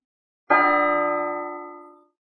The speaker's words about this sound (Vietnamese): Tiếng chuông vang lên, Thiên Yêu Bảo Khuyết im lặng lại, cuộc đấu giá sắp bắt đầu.